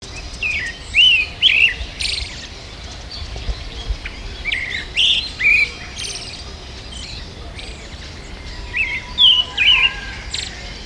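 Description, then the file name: Pale thrush song: short clear whistled phrases of two or three slurred notes, given in spaced bursts, some followed by thin high twitters, over steady background noise. "siroharas"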